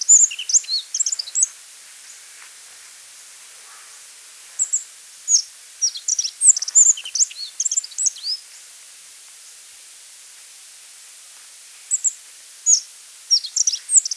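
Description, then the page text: Rock bunting singing rapid phrases of one to four seconds of high, thin chirps and slurred notes, separated by quiet gaps of several seconds, with soft hiss underneath. Song, in Pakistan. "Rock Bunting Song, Pak. Quick Sounds"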